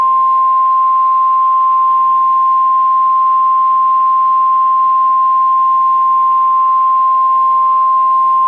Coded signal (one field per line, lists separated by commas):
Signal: Emergency Alert System (SAME) tones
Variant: 1050 Hz attention tone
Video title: I EXPECTED DFW WARNINGS... EAS Alerts from 7/6/25 (EAS#4,237 - #4,243)